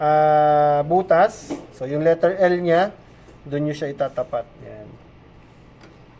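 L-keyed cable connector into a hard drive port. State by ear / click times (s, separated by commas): not seated / none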